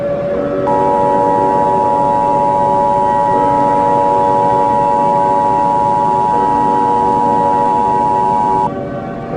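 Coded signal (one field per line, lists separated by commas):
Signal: Emergency Alert System (SAME) tones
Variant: 853 and 960 Hz attention tone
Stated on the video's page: Fictional EAS scenario.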